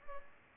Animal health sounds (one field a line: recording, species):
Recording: mosquito wingbeat signal from an infrared sensor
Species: Culex pipiens